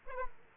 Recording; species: mosquito wingbeat signal from an infrared sensor; Aedes aegypti